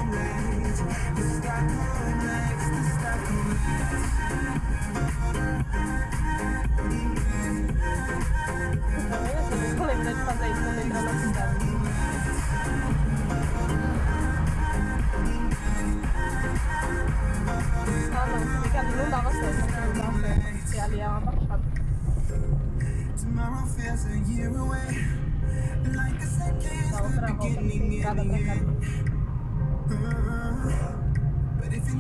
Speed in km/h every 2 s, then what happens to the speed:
20, 21, 17, 15, 14, 11, 7, 7, 10, 13, 14, 17, 21, 22, 22, 21.
0-14 slows to 7. 14-24 speeds up to 21. 24-32 steady at about 21.